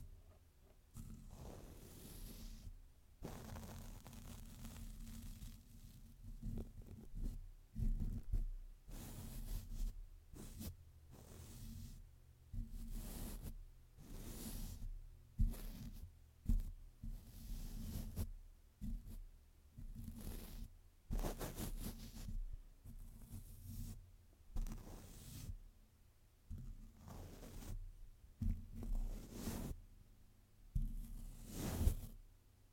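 Mic brushing throughout: irregular scratchy rustles and soft thumps come every second or so, over a low steady hum, with no talking.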